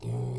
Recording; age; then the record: pig call; weaner (32 to 43 days)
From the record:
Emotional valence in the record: negative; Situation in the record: short isolation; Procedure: open field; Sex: female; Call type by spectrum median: low-frequency call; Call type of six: low-frequency stable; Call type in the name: low-frequency stable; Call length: 0.39 s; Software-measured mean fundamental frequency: 60 Hz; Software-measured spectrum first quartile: 121 Hz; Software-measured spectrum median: 175 Hz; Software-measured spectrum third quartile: 471 Hz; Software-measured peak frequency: 124 Hz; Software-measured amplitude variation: 78 dB a second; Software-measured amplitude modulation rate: 31.8 a second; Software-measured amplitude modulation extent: 2.4 dB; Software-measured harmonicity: 4.0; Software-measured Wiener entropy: -0.61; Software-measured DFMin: 1014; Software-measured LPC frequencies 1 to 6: 2325, 3327, 4117, 5005, 6137, 7361 Hz